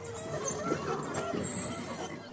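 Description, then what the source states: Beluga whale call, a long thin high whistle broken once near the start, over softer lower sounds and a hissing background. Wild belugas; called canaries of the sea.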